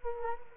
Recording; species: mosquito wingbeat signal from an infrared sensor; Culex quinquefasciatus